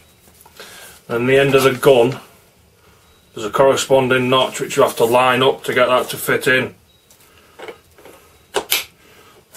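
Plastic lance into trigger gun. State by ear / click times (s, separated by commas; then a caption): seated / 8.7 s. A plastic lance is lined up by its notch with the matching notch on the trigger gun of a Nilfisk C110.7 and pushed home into the gun while someone talks. A small sharp click at 8.7 s marks the lance seating in the trigger gun.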